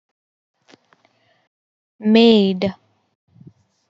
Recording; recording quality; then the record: sustained vowel as in made; excellent, no background noise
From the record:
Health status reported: healthy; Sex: female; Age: 23 years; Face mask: not worn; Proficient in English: yes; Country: India